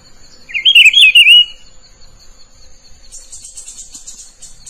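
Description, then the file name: Rufous-browed peppershrike giving one short warbled whistled phrase, followed by a high, steady insect-like buzzing trill. "canto do pitiguari"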